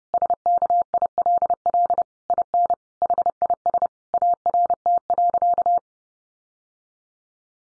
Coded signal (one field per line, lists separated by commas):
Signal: Morse code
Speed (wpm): 30 wpm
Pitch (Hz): 700 Hz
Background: none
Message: SKILL IN HIS ART.